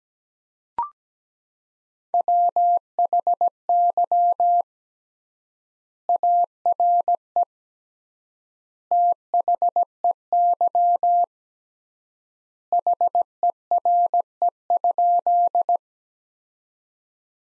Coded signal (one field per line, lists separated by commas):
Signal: Morse code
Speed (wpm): 17 wpm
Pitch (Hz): 700 Hz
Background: none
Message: WHY ARE THEY HERE?